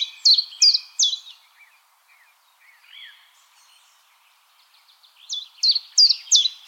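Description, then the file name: Common chiffchaff: three sharp falling notes, quiet twittering from another bird, then four more evenly paced notes of the song. "Golosa ptic - Penochka-tenkovka Phylloscopus collybita"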